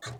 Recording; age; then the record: pig call; piglet (1 to 25 days)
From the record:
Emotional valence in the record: negative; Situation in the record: long isolation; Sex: female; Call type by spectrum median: low-frequency call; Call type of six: low-frequency tonal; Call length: 0.20 s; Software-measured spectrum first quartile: 315 Hz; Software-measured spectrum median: 1322 Hz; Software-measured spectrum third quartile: 3495 Hz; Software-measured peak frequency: 114 Hz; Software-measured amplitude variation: 130 dB a second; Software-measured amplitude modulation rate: 17.3 a second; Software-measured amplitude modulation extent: 7.5 dB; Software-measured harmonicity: 1.2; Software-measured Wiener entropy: -2.61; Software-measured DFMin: 705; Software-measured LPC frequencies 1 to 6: 1066, 1644, 3578, 4074, 4930, 6579 Hz